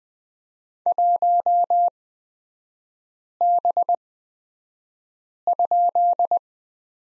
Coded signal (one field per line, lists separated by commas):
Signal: Morse code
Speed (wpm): 20 wpm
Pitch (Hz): 700 Hz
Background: none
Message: 1B?